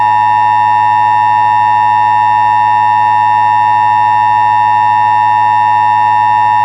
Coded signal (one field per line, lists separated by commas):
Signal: Emergency Alert System (SAME) tones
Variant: 853 and 960 Hz attention tone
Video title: Retro, But Dangerous… | EAS Short